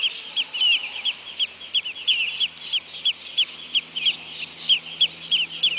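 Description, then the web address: Bird giving quick, high, clipped notes in a fast series of roughly three per second, slightly uneven in spacing, with a soft low drone beneath. "BIRD 2015 SABIOD"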